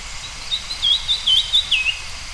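Lesser cuckooshrike call: a high, wavering whistled series that undulates for about a second and a half, then ends with a short downward slur over faint background hiss.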